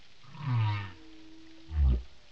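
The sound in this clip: Whale giving two deep, resonant moaning calls, the first longer and the second a short, stronger low burst.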